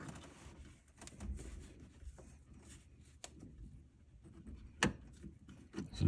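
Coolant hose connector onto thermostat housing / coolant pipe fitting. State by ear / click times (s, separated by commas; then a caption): seated / 4.8 s. A coolant hose connector that is too stiff to push by hand is pressed with pliers onto the thermostat housing / coolant pipe fitting of a 2011-2023 Chrysler 300/Dodge Charger. Low handling and rustling noises lead to a sharp click at 4.8 s as the connector seats into place.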